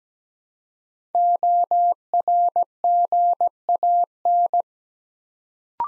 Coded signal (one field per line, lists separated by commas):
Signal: Morse code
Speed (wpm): 17 wpm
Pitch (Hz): 700 Hz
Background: none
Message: ORGAN